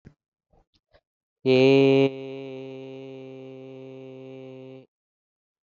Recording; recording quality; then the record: sustained vowel as in made; excellent, no background noise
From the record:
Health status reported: healthy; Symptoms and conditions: none ticked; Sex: male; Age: 44 years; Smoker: not ticked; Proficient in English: yes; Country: India